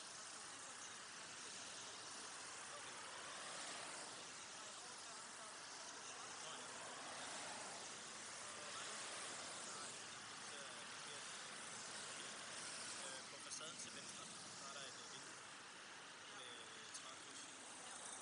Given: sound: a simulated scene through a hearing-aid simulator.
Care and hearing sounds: conversation; traffic; -6 dB SNR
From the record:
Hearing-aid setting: anchor resembling a broken hearing aid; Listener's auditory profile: C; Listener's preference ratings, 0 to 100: 0, 2, 1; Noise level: 75 dB SPL

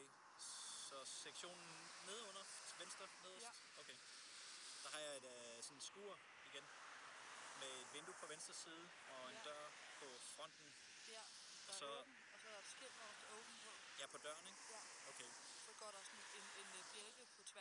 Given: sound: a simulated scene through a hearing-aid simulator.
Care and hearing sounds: conversation; traffic; +4 dB SNR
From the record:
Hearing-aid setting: III (slow-acting compression, loudness normalization, advanced features for about 2.5 dB of SNR improvement); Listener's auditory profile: A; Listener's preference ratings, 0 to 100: 96, 88, 58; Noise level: 75 dB SPL

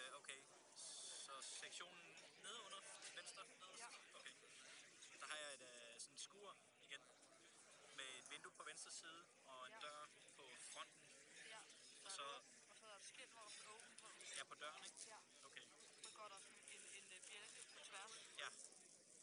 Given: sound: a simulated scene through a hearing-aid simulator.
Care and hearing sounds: conversation; cafeteria; 0 dB SNR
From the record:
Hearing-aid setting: III (slow-acting compression, loudness normalization, advanced features for about 2.5 dB of SNR improvement); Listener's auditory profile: D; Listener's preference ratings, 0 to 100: 31, 46, 39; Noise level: 65 dB SPL

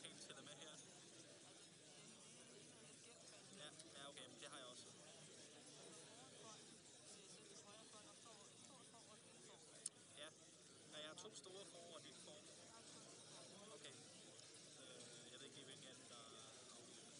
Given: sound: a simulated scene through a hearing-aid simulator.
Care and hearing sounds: conversation; cafeteria; -4 dB SNR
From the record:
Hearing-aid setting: II (fast-acting compression, audibility-based gain, advanced features for about 2.5 dB of SNR improvement); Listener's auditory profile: D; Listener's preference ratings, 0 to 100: 47, 77, 36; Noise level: 65 dB SPL

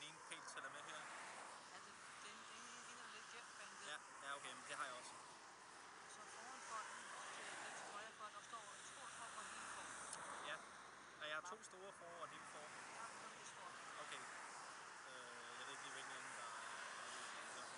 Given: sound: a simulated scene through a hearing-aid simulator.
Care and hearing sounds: conversation; traffic; -4 dB SNR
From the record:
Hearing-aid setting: IV (slow-acting compression, loudness normalization); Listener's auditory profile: A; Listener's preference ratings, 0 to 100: 6, 58, 4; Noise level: 75 dB SPL

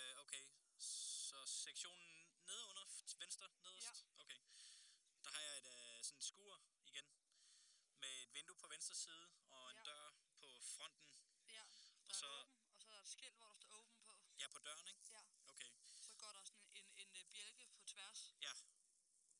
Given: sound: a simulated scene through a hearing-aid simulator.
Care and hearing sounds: conversation; quiet; 65 dB SPL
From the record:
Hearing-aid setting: III (slow-acting compression, loudness normalization, advanced features for about 2.5 dB of SNR improvement); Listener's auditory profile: B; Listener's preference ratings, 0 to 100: 35, 62, 75

